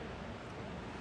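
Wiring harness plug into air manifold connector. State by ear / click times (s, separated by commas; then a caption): not seated / none. A plastic wiring harness plug is handled at the connector socket of the air manifold for an Air Lift WirelessAIR compressor system being installed on a 2025 Ram 3500. Only steady broadband background noise is heard, with no sharp transients. Nothing has seated or clicked yet.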